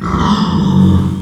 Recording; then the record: squeal of a Yucatan mini pig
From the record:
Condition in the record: after surgery on the right vocal fold (resection and tissue-engineered implant); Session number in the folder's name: 16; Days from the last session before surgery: 183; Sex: female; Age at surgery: 19 weeks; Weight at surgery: 25 kg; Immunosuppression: prednisolone